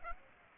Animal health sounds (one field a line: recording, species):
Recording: mosquito wingbeat signal from an infrared sensor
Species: Aedes aegypti